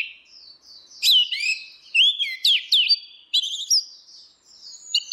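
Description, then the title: Orange-headed thrush singing clear slurred whistles that rise and fall, mixed with sharp high chips, in a flowing varied phrase. "Burung Anis Merah"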